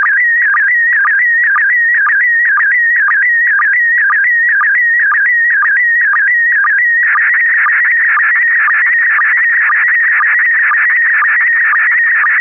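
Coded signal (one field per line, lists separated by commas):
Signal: SSTV (slow-scan television)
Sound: warbling tone sliding around 1.5-2.3 kHz with regular short low sync blips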